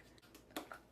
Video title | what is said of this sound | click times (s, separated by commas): Hairdresser Reacts to L'Oréal ColorSonic Test #2: Will It Work Better?! | um and then we should hear a click | 0.6 s